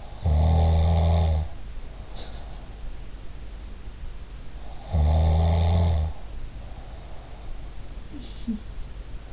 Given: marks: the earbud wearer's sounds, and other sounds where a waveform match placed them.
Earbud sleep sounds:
sounds in sleep by an in-ear microphone; snoring breath
0.00-3.06 s: snoring breath
4.92-7.74 s: snoring breath
8.06-8.64 s: sound from someone else or the room

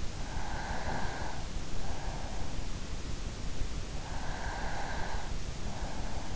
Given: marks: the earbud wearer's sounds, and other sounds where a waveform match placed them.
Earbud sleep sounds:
sounds in sleep by an in-ear microphone; breath
0.17-1.60 s: breath
3.71-5.65 s: breath

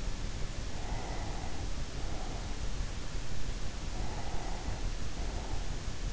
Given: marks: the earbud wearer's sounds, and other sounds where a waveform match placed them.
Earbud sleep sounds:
sounds in sleep by an in-ear microphone; breath
0.76-2.70 s: breath
3.59-5.90 s: breath

